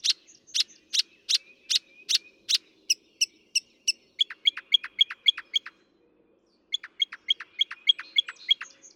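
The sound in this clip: Northern mockingbird song: a fast string of sharp clicking notes, then thin high repeated chips, then after a brief pause more quick varied notes.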